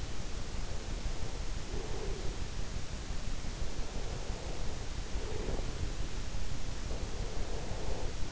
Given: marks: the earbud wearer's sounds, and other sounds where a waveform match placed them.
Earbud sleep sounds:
sounds in sleep by an in-ear microphone; breath
0.53-2.38 s: breath
3.88-5.66 s: breath
6.77-8.32 s: breath

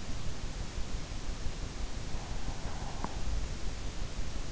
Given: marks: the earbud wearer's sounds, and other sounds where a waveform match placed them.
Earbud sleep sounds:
sounds in sleep by an in-ear microphone; breath
2.19-3.96 s: breath

